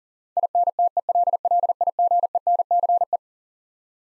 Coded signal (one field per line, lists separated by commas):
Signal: Morse code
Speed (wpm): 40 wpm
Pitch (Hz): 700 Hz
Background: none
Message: INTELLIGENCE